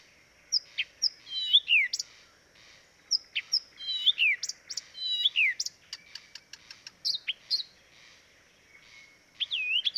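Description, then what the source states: Blyth's reed warbler: songbird delivering a varied run of falling slurred whistles, sharp ticks and a quick series of clicks, with a steady faint hiss in the background. Recorded at Dviete.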